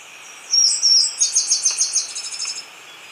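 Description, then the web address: Tricolored brush-finch song: a thin high whistle, then a fast run of about ten sharp high notes. Ecuador, South America. "Birds of Ecuador. Tricolored Brush-Finch"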